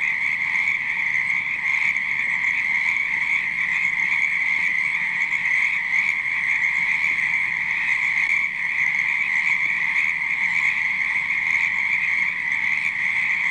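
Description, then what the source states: Frog chorus, a dense, continuous wall of croaking that never lets up. Frogs croaking at night.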